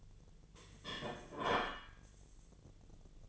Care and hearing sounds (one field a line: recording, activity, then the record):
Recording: daily activity, microphone in the room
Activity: place plate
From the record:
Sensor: 4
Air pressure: 1010.2 hPa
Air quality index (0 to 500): 180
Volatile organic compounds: 5 ppm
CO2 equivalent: 1828 ppm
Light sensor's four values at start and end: 31/92/36/36 and 31/92/36/36